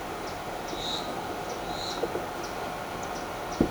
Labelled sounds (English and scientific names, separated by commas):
none